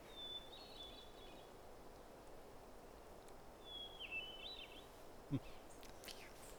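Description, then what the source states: Hermit thrush singing two fluty phrases, each opening on a sustained clear tone before a wavering flourish, with a sharp click near the end. Singing vigorously at higher elevation in the Blue Mountains, around 12:15 in the afternoon.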